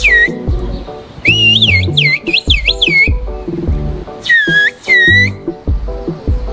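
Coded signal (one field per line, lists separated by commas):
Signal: whistled language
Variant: Turkish kuş dili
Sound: a loud, high whistle sliding up and down in quick swoops, heard in two bursts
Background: background music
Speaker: if you practice this enough you can have short conversations without using a single word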